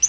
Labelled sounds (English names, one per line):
Yellow-rumped Warbler flight call